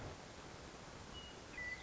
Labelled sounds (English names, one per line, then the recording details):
Western Meadowlark
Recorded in Sonoma County, California